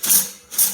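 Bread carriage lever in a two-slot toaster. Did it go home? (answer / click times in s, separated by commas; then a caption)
no / none. A KitchenBoss two-slice, two-slot toaster with six browning levels has its bread carriage lever pushed down, but the lever does not latch because the toaster is unplugged. Two bright, hissy bursts are heard, one near 0.0–0.3 s and another around 0.5–0.8 s, as the lever travels and springs back up. The lever has not locked down, and nothing has seated or clicked.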